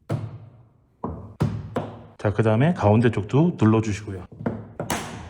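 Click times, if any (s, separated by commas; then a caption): 4.9 s. On an Avante CN7 chrome delete, a black replacement exterior trim piece is pressed onto the car body, first at both ends and then in the middle. Sharp taps and thumps sound around 0.1, 1.0, 1.4 and 1.8 s while someone talks, followed by more presses at 4.5 and 4.8 s. At 4.9 s the piece's clips snap into the mounting with a click, and the trim is seated.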